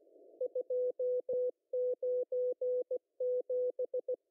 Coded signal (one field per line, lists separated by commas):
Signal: Morse code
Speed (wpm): 16 wpm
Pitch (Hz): 500 Hz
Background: music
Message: 297